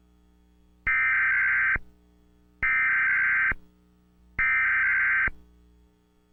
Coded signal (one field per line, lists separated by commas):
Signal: Emergency Alert System (SAME) tones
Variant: header bursts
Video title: Noveber.9 2011 test eas